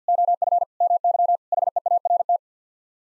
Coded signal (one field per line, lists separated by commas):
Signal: Morse code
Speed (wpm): 50 wpm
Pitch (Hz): 700 Hz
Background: none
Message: OF MY HEART